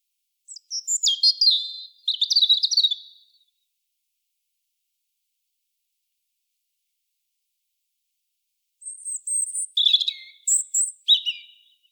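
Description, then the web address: European robin singing two quick, high warbled phrases, then a long pause, then another sparkling phrase of thin, varied notes. No other sounds. "SETE Erithacus rubecula"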